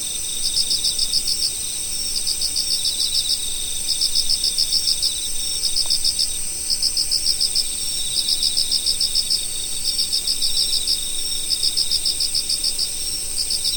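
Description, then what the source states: Insects calling in autumn, with quick pulsed chirps bunched into repeated trains, layered over a continuous high, thin insect trill. Autumn insects in nature.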